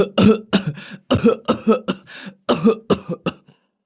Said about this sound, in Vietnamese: Còn chưa dứt lời, Bảy Hiền đã ho lên từng tiếng sặc sụa.